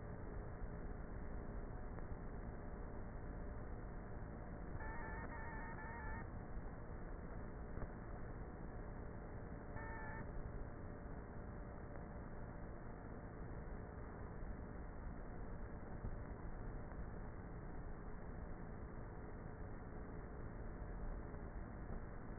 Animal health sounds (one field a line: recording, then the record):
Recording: honeybee colony, microphone inside the hive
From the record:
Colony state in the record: queenless with a low population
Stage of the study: before two queens were removed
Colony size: about 30,000 bees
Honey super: no